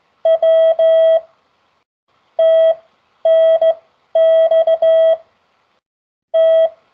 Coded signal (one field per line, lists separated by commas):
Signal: Morse code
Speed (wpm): 15 wpm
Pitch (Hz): 650 Hz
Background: none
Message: W T N X T